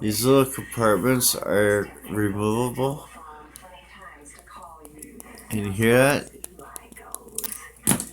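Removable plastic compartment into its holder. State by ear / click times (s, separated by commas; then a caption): seated / 7.9 s. Someone talks while handling a small removable plastic compartment, with faint taps and knocks from about 3.6 s onward. The compartment is pushed back into its holder and clicks into place at 7.9 s, seated.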